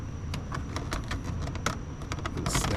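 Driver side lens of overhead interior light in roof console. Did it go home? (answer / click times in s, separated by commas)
yes / 1.7 s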